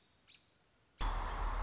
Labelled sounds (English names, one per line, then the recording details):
American Robin
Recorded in Sonoma County, California